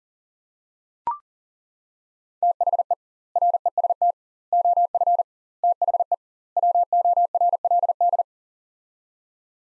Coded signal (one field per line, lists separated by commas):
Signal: Morse code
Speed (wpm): 40 wpm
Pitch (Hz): 700 Hz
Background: none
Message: THE REST OF THE WORLD